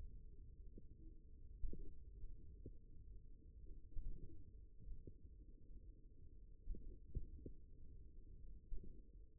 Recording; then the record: forearm muscle sounds (acoustic myography)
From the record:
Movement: tripod grip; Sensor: system 1, eight BSWA MPA416 microphones around the upper forearm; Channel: 3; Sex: male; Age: 54 years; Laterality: right